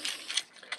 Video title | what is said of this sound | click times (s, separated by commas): DNA Design Kingdom Ultra Magnus UPGRADE KIT: EmGo's Transformers Reviews N' Stuff | and it will snap right in | 0.4 s